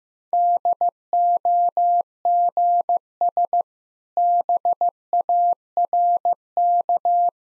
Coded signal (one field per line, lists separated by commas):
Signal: Morse code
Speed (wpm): 14 wpm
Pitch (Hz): 700 Hz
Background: none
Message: DOGS BARK